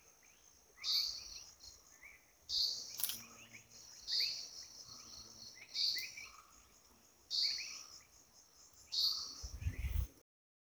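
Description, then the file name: Grey-headed bulbul giving loud high notes roughly every one and a half to two seconds, some fainter warbled notes in between, a constant shrill insect drone behind. Recorded at Thirunelly, Kerala. "Grey-headed Bulbul (Brachypodius priocephalus) from Thirunelly, Kerala"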